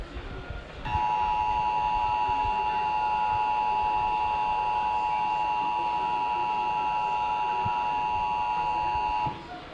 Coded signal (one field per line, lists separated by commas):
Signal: Emergency Alert System (SAME) tones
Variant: 853 and 960 Hz attention tone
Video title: LOADS OF TESTS! Broadcast Radio & TV EAS: Required Monthly Test (EAS #237-249)